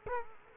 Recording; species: mosquito wingbeat signal from an infrared sensor; Culex quinquefasciatus